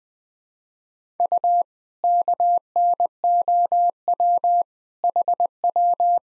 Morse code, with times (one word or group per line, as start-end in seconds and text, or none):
1.2-1.6 U
2.0-4.6 KNOW
5.0-6.2 HW